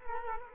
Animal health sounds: mosquito wingbeat signal from an infrared sensor; Culex quinquefasciatus

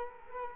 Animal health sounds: mosquito wingbeat signal from an infrared sensor; Culex quinquefasciatus

